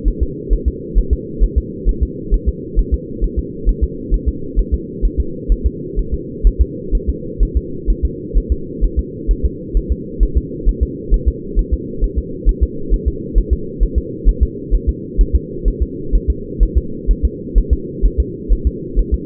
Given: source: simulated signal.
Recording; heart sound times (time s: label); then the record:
fetal heart sounds
0.08 s: S1
0.23 s: S2
0.53 s: S1
0.68 s: S2
0.98 s: S1
1.13 s: S2
1.44 s: S1
1.58 s: S2
1.89 s: S1
2.03 s: S2
2.34 s: S1
2.49 s: S2
2.79 s: S1
2.94 s: S2
3.24 s: S1
3.39 s: S2
3.69 s: S1
3.83 s: S2
4.14 s: S1
4.28 s: S2
4.59 s: S1
4.74 s: S2
5.05 s: S1
5.20 s: S2
5.52 s: S1
5.66 s: S2
5.99 s: S1
6.14 s: S2
6.47 s: S1
6.61 s: S2
6.95 s: S1
7.09 s: S2
7.43 s: S1
7.57 s: S2
7.90 s: S1
8.05 s: S2
8.38 s: S1
8.52 s: S2
8.84 s: S1
8.99 s: S2
9.31 s: S1
9.45 s: S2
9.77 s: S1
9.92 s: S2
10.23 s: S1
10.37 s: S2
10.69 s: S1
10.83 s: S2
11.14 s: S1
11.28 s: S2
11.59 s: S1
11.73 s: S2
12.04 s: S1
12.18 s: S2
12.49 s: S1
12.63 s: S2
12.94 s: S1
13.08 s: S2
13.38 s: S1
13.53 s: S2
13.83 s: S1
13.98 s: S2
14.29 s: S1
14.43 s: S2
14.75 s: S1
14.89 s: S2
15.21 s: S1
15.36 s: S2
15.68 s: S1
15.83 s: S2
16.15 s: S1
16.30 s: S2
16.63 s: S1
16.77 s: S2
17.11 s: S1
17.25 s: S2
17.58 s: S1
17.73 s: S2
18.06 s: S1
18.20 s: S2
18.53 s: S1
18.67 s: S2
18.99 s: S1
19.14 s: S2
From the record:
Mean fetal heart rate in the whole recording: 130 bpm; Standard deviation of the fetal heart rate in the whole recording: 2 bpm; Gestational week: 36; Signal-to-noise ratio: -4.3 dB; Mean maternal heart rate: 72 bpm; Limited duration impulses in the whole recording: absent